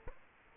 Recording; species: mosquito wingbeat signal from an infrared sensor; Culex quinquefasciatus